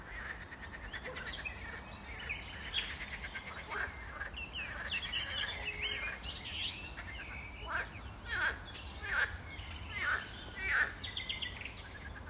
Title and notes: Saint-Jean-le-Blanc, France - Frogs party. grenouilles dans l'étang, passants qui se baladent, qui me disent bonjour